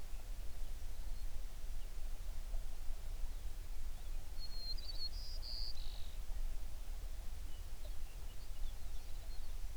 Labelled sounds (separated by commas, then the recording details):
songbird
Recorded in the Prudhoe Bay oil fields, Alaska, on 11 June 2019 at 05:25
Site 21